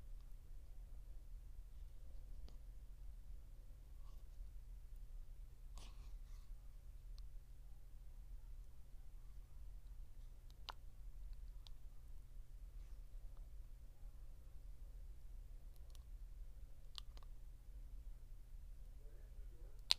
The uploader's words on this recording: Mouth sounds and tapping.